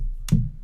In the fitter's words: We got some snappage going on.